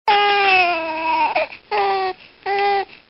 Daily life baby crying sound.